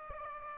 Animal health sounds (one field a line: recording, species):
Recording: mosquito wingbeat signal from an infrared sensor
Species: Aedes aegypti